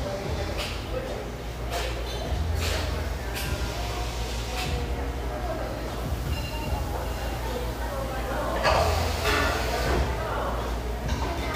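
Busy café background with overlapping chatter, a steady low hum underneath, and short bright clinks of dishes every second or two.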